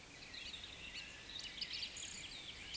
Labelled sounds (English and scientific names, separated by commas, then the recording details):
Eurasian Woodcock (Scolopax rusticola) whistle
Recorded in Baden-Württemberg, Germany, on 11 June 2021 at 18:58 UTC
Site 24606, 635 m above sea level